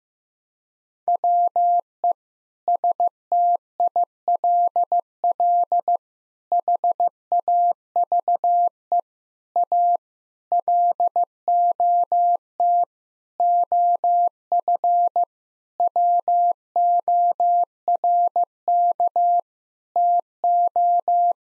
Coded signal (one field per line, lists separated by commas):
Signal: Morse code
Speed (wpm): 16 wpm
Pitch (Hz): 700 Hz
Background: none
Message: WE STILL HAVE A LOT OF WORK TO